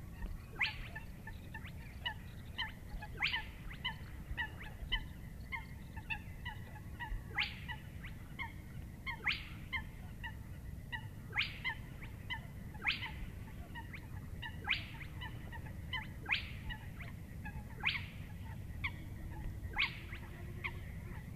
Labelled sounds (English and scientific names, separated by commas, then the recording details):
Spotted Crake (Porzana porzana)
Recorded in the wild
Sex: male
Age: adult
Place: Schwedt/Oder, Nationalpark Unteres Odertal, Brandenburg, DE
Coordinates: 53.132, 14.3534
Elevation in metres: 1
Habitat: wetland
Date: 2015-04-23 20:53
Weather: clear, 11°C, almost windless
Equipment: Sound Devices 702, Sennheiser MKH 70, Rycote Windschutz
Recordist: Frommolt, Karl-Heinz